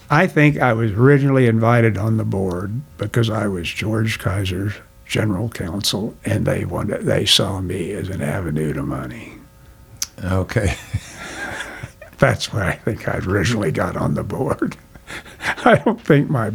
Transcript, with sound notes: I think I was originally invited on the board because I was George Kaiser's general counsel and they wanted—they saw me as an avenue to money.
OK. (Laughing)
That's why I think I originally got on the board. I don't think my